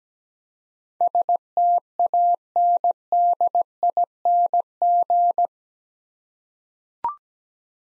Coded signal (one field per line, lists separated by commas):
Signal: Morse code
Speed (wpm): 17 wpm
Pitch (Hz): 700 Hz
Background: none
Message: STANDING